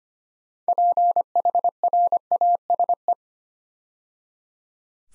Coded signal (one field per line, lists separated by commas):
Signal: Morse code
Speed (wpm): 25 wpm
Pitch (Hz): 700 Hz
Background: none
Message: PHRASE